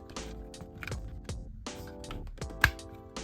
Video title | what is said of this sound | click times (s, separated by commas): TRANSFORMERS - [ HEADSTRONG - PREDACONS - PREDAKING - JINBAO ] - Unboxing / Review | like that like the little click thing you heard uh | 2.6 s